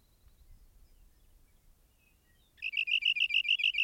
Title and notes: Rock Wren. Macaulay Library at Cornell Lab of Ornithology